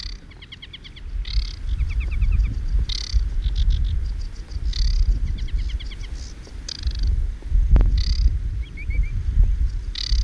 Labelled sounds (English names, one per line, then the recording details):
Aquatic Warbler song
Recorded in the wild
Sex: male
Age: adult
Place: Rietz, Havelland, Brandenburg, DE
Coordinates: 52.3722, 12.6472
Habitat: lake
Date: 1968-06-09
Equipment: Nagra III BH
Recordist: Schubert, Michael